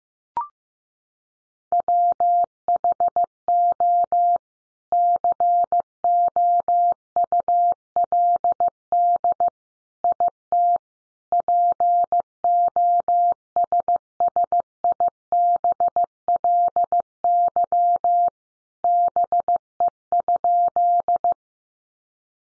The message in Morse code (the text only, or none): WHO COULD IT POSSIBLY BE?